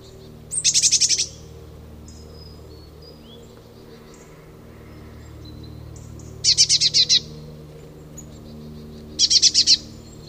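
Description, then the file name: Eurasian blue tit churring call: three short, harsh, rapidly pulsed buzzy bursts, each about half a second, separated by about two to five seconds of quiet with faint background hiss. "Cyanistes caeruleus"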